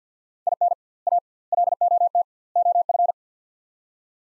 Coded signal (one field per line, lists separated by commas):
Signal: Morse code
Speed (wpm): 45 wpm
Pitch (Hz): 700 Hz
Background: none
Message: IN A LOT OF